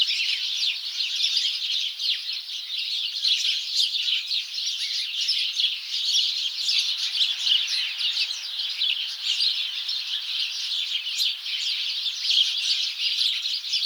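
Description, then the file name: House sparrow chorus, many birds chirping at once in a continuous, even stream of short notes. "Passer domesticus"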